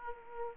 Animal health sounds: mosquito wingbeat signal from an infrared sensor; Aedes aegypti

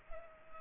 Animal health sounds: mosquito wingbeat signal from an infrared sensor; Culex pipiens

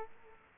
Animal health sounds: mosquito wingbeat signal from an infrared sensor; Culex quinquefasciatus

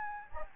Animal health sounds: mosquito wingbeat signal from an infrared sensor; Anopheles gambiae

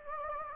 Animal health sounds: mosquito wingbeat signal from an infrared sensor; Anopheles gambiae

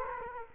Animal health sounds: mosquito wingbeat signal from an infrared sensor; Culex quinquefasciatus

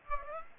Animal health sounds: mosquito wingbeat signal from an infrared sensor; Aedes aegypti

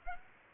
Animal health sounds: mosquito wingbeat signal from an infrared sensor; Aedes aegypti

